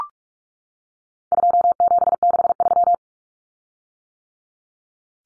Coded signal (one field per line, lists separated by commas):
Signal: Morse code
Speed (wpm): 44 wpm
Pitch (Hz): 700 Hz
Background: none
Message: 2763